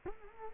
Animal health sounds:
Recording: mosquito wingbeat signal from an infrared sensor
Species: Culex quinquefasciatus

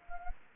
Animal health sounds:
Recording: mosquito wingbeat signal from an infrared sensor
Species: Anopheles gambiae

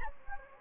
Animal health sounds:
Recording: mosquito wingbeat signal from an infrared sensor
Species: Anopheles gambiae

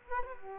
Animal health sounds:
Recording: mosquito wingbeat signal from an infrared sensor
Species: Culex quinquefasciatus

